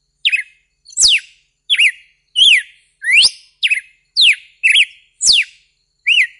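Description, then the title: Red-cowled cardinal giving bright whistled notes, some rising sharply, others dropping and hooking, spaced irregularly over several seconds in an otherwise silent background. "Galo De Campina"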